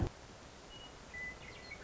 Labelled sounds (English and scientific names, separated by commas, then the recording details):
Western Meadowlark (Sturnella neglecta)
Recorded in Sonoma County, California